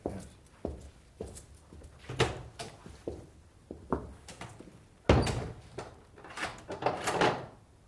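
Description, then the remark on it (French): A door is shut and locked: a run of sharp wooden knocks and metallic clicks, then a heavy thud midway followed by more rattling latch clicks, with no voices. “Pourquoi verrouiller la porte?”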